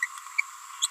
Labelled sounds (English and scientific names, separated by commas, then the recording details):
Green-rumped Parrotlet (Forpus passerinus) babbling
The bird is a female
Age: 29 days
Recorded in a nest box in Venezuela
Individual 17B42A4